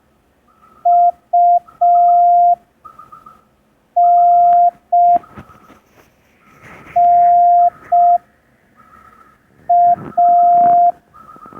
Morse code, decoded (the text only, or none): UNNA